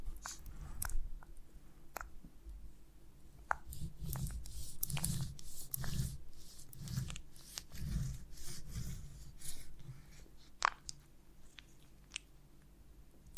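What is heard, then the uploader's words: Sticky, crackling bites and chewing on a piece of honeycomb, with wet squishes and sharp little snaps scattered throughout. The chewing comes in a steady rhythm of soft low thumps about once a second, busiest around the middle, then thins out with a few isolated clicks near the end. ASMR of a Honeycomb on Branch (No Talking).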